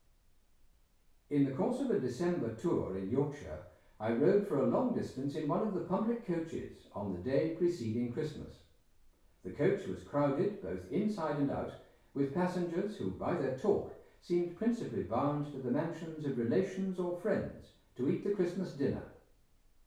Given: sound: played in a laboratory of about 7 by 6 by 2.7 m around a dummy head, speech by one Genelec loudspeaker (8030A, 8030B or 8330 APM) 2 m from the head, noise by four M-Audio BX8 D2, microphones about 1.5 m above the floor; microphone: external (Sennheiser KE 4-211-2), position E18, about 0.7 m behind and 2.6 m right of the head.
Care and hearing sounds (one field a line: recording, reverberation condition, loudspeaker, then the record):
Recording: male speech in English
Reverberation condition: medium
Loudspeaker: 150 degrees to the right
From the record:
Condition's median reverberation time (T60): about 510 ms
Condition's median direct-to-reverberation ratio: about -0.5 dB